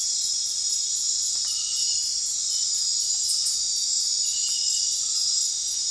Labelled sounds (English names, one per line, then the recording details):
none
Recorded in dense forest near Puerto Asís, Putumayo, Colombia, on 24 March 2025 at 21:30
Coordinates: 0.503, -76.323
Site GP09